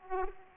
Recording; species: mosquito wingbeat signal from an infrared sensor; Aedes aegypti